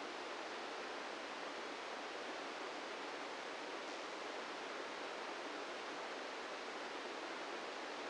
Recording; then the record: brain microelectrode recording played as sound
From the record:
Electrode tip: inside the subthalamic nucleus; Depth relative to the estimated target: 0 mm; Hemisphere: right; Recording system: NeuroSet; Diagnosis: Parkinson's disease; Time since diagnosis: 17 years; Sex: male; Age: 64 years